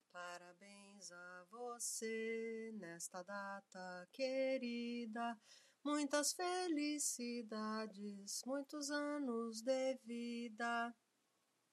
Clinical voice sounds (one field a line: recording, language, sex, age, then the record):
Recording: short text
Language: Brazilian Portuguese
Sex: female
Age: 50 to 59 years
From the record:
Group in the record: control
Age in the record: 56 years